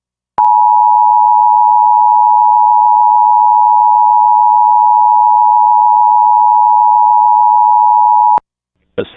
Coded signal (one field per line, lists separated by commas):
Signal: Emergency Alert System (SAME) tones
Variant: 853 and 960 Hz attention tone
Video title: EAS #640: EAS Required Monthly Test- June 7, 2022- 9:50PM PDT